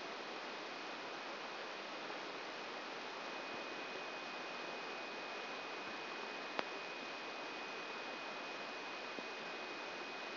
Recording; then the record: brain microelectrode recording played as sound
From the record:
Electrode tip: inside the subthalamic nucleus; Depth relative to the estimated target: 3 mm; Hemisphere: right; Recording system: AlphaMap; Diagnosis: Parkinson's disease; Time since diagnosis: 9 years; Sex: male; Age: 66 years